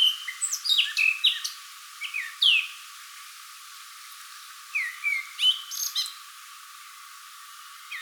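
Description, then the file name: Eurasian blackcap giving brisk bursts of high, twittering notes with quick upslurs in several short phrases separated by pauses, ending with a quiet stretch. "Sylvia atricapilla"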